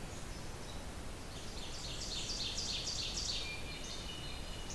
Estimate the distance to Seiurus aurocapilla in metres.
about 65 m